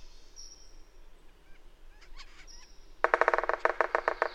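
Bird calls: faint thin whistles and soft chirps, then a loud quick series of harsh, nasal honking notes running to the end.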